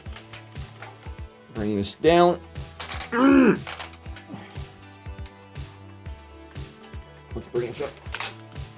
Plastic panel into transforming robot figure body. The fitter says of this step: until we get a nice click.